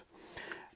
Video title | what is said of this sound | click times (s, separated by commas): Majority Audio Special | pull into the case they snap into place nice and easily | 0.5 s